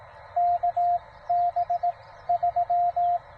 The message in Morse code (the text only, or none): KB3